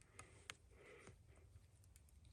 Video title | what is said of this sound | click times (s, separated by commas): On the Trail James and Don | until it snaps. Snap. | 0.5 s